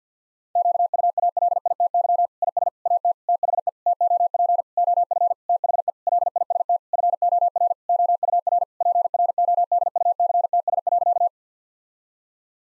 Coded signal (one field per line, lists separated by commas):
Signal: Morse code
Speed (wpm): 50 wpm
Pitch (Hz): 700 Hz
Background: none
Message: QUALITY IS AT THE TOP OF THE LIST FOR OUR PRODUCTS.